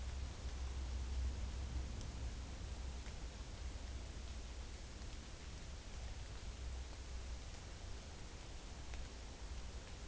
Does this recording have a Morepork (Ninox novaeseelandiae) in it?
no